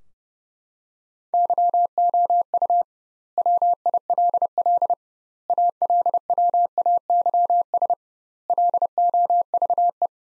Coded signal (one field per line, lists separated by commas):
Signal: Morse code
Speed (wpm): 30 wpm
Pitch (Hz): 700 Hz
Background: none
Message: YOU WILL ALWAYS LOVE